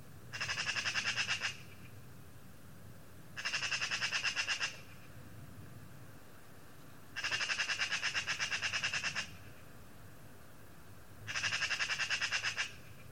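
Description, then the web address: Eurasian magpie chattering: four harsh, rapid rattling bursts of one to two seconds each, separated by pauses of roughly two seconds, over faint background noise. "cianscape birddata Deverinetal 2025"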